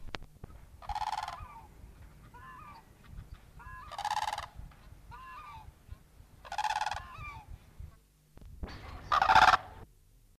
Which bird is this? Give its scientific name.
Grus paradisea